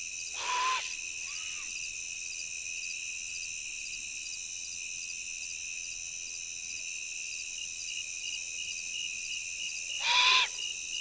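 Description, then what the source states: Great horned owl gives rasping screeches near the start and again near the end, with a faint softer call between, over a continuous shrill insect chorus. Immature bird calling at night from a tree ahead, with a second one calling in the distance; prairie preserve near the Kansas border, late summer.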